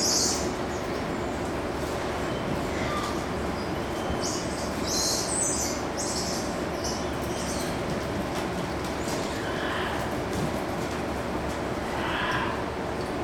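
Squirrel monkeys giving high, short chirping calls in scattered bursts, several close together midway and a few more toward the end, over a steady noisy background.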